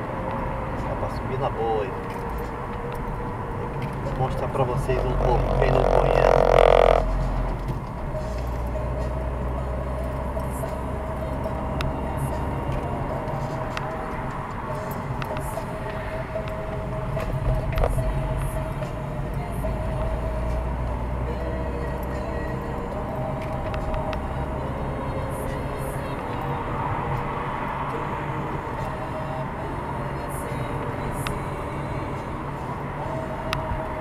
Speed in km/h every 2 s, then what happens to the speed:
50, 42, 43, 41, 43, 47, 47, 36, 34, 39, 43, 45, 48, 46, 46, 51, 50.
0-2 brakes to 42. 12-16 slows to 34. 16-24 speeds up to 48. 24-34 steady at about 48.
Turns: 15-18.